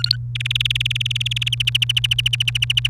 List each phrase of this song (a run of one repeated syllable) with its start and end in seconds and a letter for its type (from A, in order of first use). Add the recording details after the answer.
0.00-0.16 A, 0.35-1.55 B, 1.60-2.88 C. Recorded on 29 April 2018 at 12:49. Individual llb3